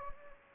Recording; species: mosquito wingbeat signal from an infrared sensor; Anopheles gambiae